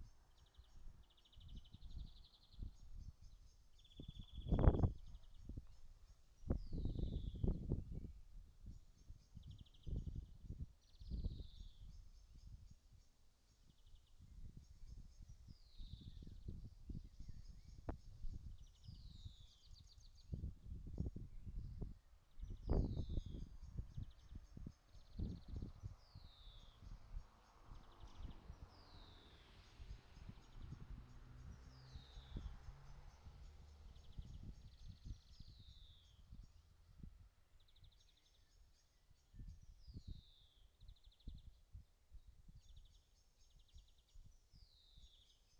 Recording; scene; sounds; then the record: everyday scene through a hearing-aid microphone; wind on the microphone; wind, traffic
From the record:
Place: in front of a rural house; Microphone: in the ear canal, right